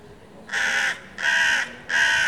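Crow cawing: three harsh, hoarse caws, each about half a second long, with short pauses between them.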